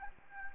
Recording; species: mosquito wingbeat signal from an infrared sensor; Anopheles arabiensis